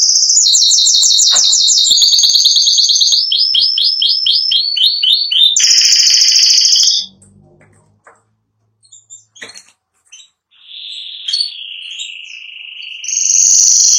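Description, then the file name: Spanish giboso canary singing rapid high trills that step down in pitch into a series of downslurred notes, followed by quieter soft whistles and a held tone. "canto do canario giboso espanhol"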